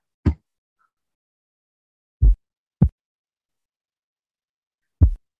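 Simulated heart sounds with an ejection click (ejection sound) occurring just after S1, in early systole. Depending on whether it is heard over the aortic or pulmonary area, and whether it varies with respiration, it suggests aortic stenosis or pulmonary stenosis.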